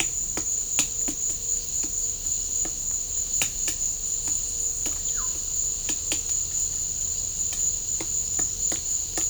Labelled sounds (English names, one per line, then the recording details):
Russet-backed Oropendola
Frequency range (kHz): Russet-backed Oropendola 0.4-2.3 kHz
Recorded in pastures near Puerto Asís, Putumayo, Colombia, on 21 December 2024 at 15:30
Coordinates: 0.496, -76.326
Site G004